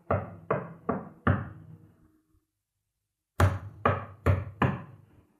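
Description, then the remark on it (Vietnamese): Two sets of four sharp knocks rap on a door, each burst evenly spaced and resonant, separated by a pause of silence; no voices are heard. “Ông ta định trở vào giường ngủ tiếp thì tiếng gõ lại bắt đầu vang lên.”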